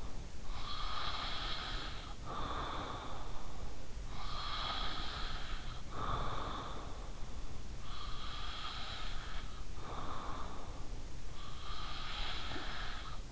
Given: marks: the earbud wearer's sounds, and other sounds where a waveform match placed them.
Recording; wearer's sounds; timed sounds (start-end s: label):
sounds in sleep by an in-ear microphone; breath
0.00-13.32 s: breath